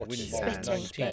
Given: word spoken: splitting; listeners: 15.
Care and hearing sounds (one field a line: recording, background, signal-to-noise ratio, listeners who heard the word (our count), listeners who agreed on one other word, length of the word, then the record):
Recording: one English word in noise, from a listening test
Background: four-talker babble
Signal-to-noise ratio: -1.4 dB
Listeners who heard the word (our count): 0 of 15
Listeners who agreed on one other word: 7 of 15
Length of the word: 0.72 s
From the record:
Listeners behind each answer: 7, 2, 1, 1, 1, 1, 1, 1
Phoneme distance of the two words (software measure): 7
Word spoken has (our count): 2 syllables, 7 phonemes, stress on syllable 1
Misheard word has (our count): 2 syllables, 6 phonemes, stress on syllable 1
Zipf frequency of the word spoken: 3.69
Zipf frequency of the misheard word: 3.48